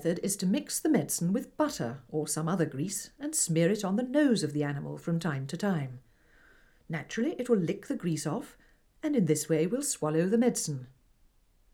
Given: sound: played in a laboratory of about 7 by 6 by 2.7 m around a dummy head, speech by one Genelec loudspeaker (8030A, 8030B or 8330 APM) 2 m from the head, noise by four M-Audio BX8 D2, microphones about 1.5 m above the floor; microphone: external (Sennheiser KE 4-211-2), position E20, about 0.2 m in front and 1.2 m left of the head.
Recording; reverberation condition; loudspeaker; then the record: female speech in English; low; 60 degrees to the left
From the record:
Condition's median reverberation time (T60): about 310 ms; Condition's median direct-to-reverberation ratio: about 3.5 dB